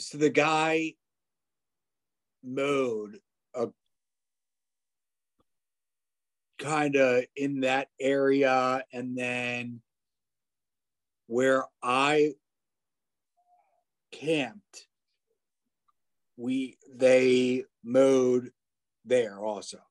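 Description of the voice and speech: An adult man speaks in short bursts of two or three words, separated by pauses of up to three seconds, with drawn-out vowels and broken phrases. This halting, effortful speech fits aphasia.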